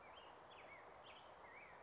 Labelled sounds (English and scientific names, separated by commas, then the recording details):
Black-headed Grosbeak (Pheucticus melanocephalus)
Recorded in Sonoma County, California